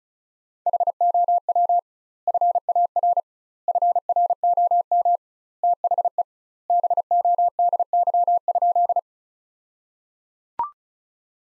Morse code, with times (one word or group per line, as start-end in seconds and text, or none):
0.7-1.8 HOW
2.3-3.2 FAR
3.7-5.2 FROM
5.6-6.2 THE
6.7-9.0 BODY?